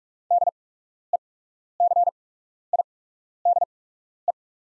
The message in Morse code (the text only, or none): DECIDE